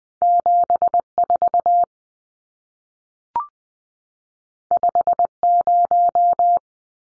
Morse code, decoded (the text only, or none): 74 50